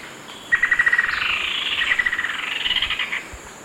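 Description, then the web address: Rufous-winged antwren song, a rapid run of bright, clipped notes that flows into a slightly buzzier, uneven chatter lasting about two and a half seconds, over a steady high insect hiss. Recorded in Ecuador. "Birds of Ecuador. Rufous-winged Antwren"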